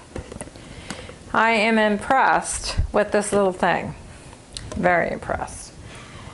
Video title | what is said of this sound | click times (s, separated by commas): Skinny stacks. | and snaps right in for a whole dollar | 0.4 s